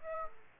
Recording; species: mosquito wingbeat signal from an infrared sensor; Aedes aegypti